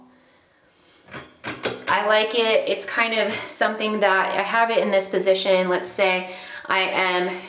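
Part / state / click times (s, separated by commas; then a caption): pivoting grab bar into its wall-mounted hinge detent / seated / 1.7 s. A pivoting metal shower grab bar is lifted and turned on its wall-mounted hinge until it locks into its first detent position, about 45 degrees from the wall, with a click at 1.7 s. Someone talks through most of the clip.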